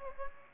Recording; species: mosquito wingbeat signal from an infrared sensor; Aedes aegypti